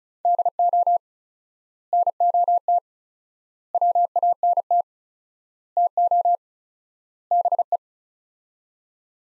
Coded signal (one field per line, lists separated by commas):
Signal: Morse code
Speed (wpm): 36 wpm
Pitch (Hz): 700 Hz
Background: none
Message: DO NOT WANT TO BE